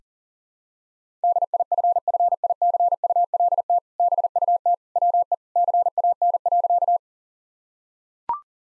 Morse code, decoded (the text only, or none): DIFFICULT BUT WE CAN.